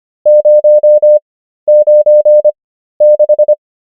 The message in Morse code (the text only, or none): 096